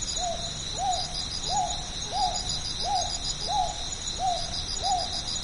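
Northern boobook giving a regular series of low hoo notes, slightly falling at the end of each, while crickets chirp continuously higher up.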